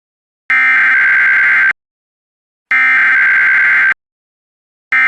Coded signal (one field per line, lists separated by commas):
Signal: Emergency Alert System (SAME) tones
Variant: header bursts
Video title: IPAWS EAS Colorado Blue Alert (08/25/26)